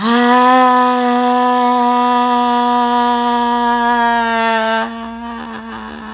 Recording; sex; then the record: sustained vowel /a/; female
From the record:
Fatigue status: no fatigue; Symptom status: asymptomatic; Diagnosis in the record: COVID-19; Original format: m4a